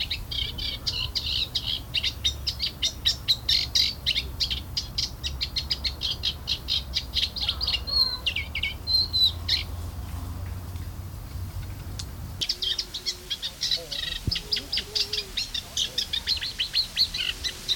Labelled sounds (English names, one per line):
Eurasian Reed Warbler